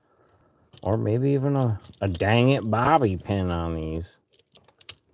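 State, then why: Partly seated. Someone talks while working a handcuff lock with a pin or shim amid metallic jangling. A few faint ticks follow the speech, then a sharp click at 4.9 s as the handcuff's double-lock mechanism starts to work its way out, though the cuff is not yet fully open.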